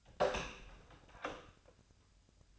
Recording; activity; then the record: daily activity, microphone in the room; open door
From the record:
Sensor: 2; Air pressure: 1007.0 hPa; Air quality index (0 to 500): 196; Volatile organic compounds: 13 ppm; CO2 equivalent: 2399 ppm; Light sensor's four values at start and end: 9/23/9/10 and 9/23/9/10